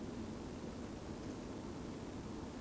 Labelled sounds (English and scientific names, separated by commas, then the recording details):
Eurasian Woodcock (Scolopax rusticola) whistle
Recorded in Baden-Württemberg, Germany, on 23 June 2020 at 20:35 UTC
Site 14569, 102 m above sea level